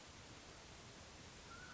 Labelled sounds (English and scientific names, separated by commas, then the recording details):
Mountain Quail (Oreortyx pictus)
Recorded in Sonoma County, California